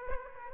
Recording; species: mosquito wingbeat signal from an infrared sensor; Aedes aegypti